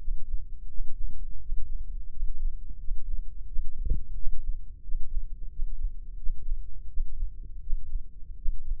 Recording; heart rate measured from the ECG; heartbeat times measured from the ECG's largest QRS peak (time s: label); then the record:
heart sounds by microphone in the left ear; 86 bpm
0.68 s: heartbeat
1.39 s: heartbeat
2.09 s: heartbeat
2.78 s: heartbeat
3.46 s: heartbeat
4.14 s: heartbeat
4.81 s: heartbeat
5.49 s: heartbeat
6.16 s: heartbeat
6.87 s: heartbeat
7.59 s: heartbeat
8.35 s: heartbeat
From the record:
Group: healthy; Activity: Valsalva maneuver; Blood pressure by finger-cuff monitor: 133/85 mmHg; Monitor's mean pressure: 95 mmHg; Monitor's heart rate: 86 bpm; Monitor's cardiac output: 7.2 L/min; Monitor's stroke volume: 83 mL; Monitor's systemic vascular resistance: 970 dyn s/cm5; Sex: male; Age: 24 years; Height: 184 cm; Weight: 89 kg